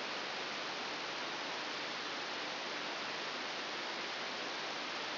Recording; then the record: brain microelectrode recording played as sound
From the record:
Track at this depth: inside the subthalamic nucleus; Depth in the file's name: 0.609 mm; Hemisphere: right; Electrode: 3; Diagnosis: Parkinson's disease